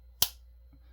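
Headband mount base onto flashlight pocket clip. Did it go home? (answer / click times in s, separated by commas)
yes / 0.2 s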